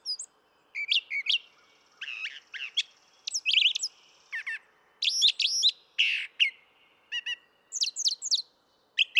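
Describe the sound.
Brown thrasher song with varied, abrupt phrases, from harsh chips to clear slurred whistles, most phrases doubled, with short gaps between them.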